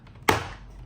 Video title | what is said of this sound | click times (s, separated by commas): JBL BOOMBOX BATTERY REPLACEMENT | You hear that pop? | 0.3 s